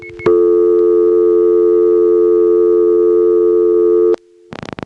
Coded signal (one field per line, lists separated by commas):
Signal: telephone call progress tone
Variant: North America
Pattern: dial tone